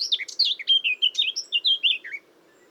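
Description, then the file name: Eurasian blackcap warbling song, a rapid run of varied fluting and chattering notes lasting about two seconds before stopping. "Sylvia atricapilla"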